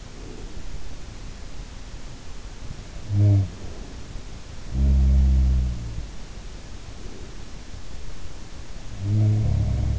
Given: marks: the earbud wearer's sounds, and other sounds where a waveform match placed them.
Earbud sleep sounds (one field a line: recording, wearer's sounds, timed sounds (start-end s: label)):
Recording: sounds in sleep by an in-ear microphone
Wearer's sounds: breath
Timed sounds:
0.00-1.22 s: breath
2.84-6.33 s: sound from someone else or the room
8.85-9.99 s: sound from someone else or the room